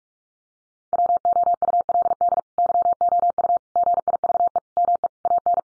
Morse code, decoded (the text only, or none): WOULD YOU GIVE ME AN